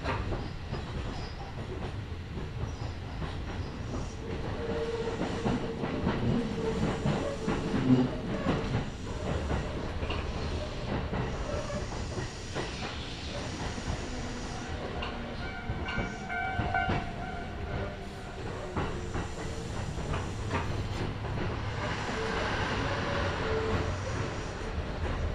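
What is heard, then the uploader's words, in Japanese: A Kintetsu Nagoya Line local train rolls on with a dense, steady low rumble, rattling clicks, and faint squealing tones drifting through. 近鉄名古屋線各駅停車 白子→津新町。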